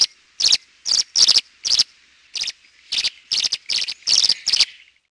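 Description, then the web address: Tree swallow giving rapid, scratchy chirps repeated roughly twice a second, short bright bursts in an uneven series with quiet gaps between. "Peterson North American Birds"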